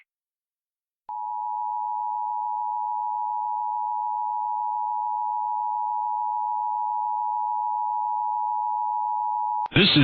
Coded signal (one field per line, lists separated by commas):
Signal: Emergency Alert System (SAME) tones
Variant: 853 and 960 Hz attention tone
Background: speech